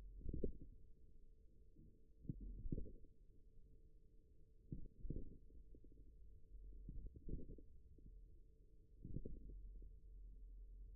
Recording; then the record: forearm muscle sounds (acoustic myography)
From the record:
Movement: radial deviation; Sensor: system 1, eight BSWA MPA416 microphones around the upper forearm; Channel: 3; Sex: male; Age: 41 years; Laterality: right